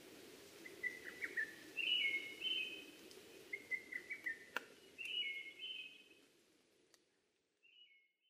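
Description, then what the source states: Brown-headed thrush song: several whistled phrases mixed with short lower chirping notes and brief clicks, then fading to quiet with one faint final phrase. Recorded 12 June 2010 at 03:45.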